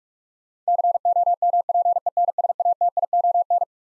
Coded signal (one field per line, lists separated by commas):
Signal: Morse code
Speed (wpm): 46 wpm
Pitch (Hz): 700 Hz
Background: none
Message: COMPENSATION